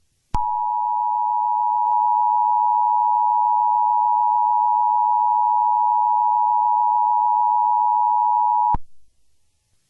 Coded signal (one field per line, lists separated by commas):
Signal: Emergency Alert System (SAME) tones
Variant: 853 and 960 Hz attention tone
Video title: EAS Scenario 1: The Washington Rebellion